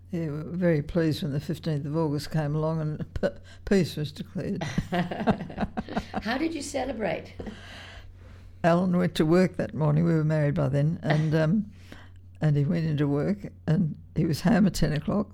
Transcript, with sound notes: Yeah we were very pleased when the 15th of August came along and peace was declared.
[laughter] How did you celebrate?
Alan went to work that morning — we were married by then — and he went into work and he was home at ten o’clock.